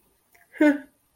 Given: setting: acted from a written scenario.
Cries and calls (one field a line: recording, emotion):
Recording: vocal sound without words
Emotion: neutral